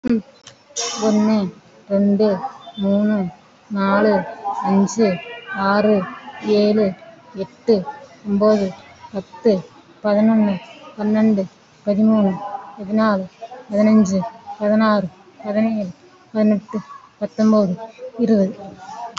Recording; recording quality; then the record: counting at a normal pace; excellent, no background noise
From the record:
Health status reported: respiratory illness, not identified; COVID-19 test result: negative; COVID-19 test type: RT-PCR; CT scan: taken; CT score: 0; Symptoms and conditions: breathing difficulty, asthma, another condition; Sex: female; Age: 41 years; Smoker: no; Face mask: worn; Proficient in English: no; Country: India